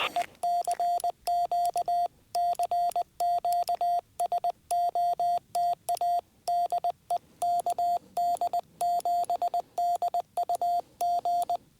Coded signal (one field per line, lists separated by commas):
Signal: Morse code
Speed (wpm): 20 wpm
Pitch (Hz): 700 Hz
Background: none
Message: E CQ CQ SOTA DE KD7DUG